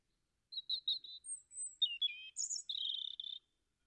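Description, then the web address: European robin singing a varied phrase of short high whistles, a thin drawn-out note, a few liquid notes, and then a fast trill, all clear against silence. "Deverinetal 2025"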